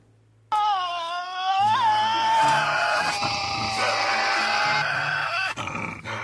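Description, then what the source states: Tasmanian devils screeching with a long, wavering, high wail layered over harsh rasping growls, starting abruptly and continuing for several seconds. Male and female Tasmanian devil played together.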